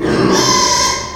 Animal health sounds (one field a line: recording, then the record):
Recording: squeal of a Yucatan mini pig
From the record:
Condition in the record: before surgery on the right vocal fold (resection and tissue-engineered implant)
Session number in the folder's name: 1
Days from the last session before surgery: -3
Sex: male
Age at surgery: 12 weeks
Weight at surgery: 13 kg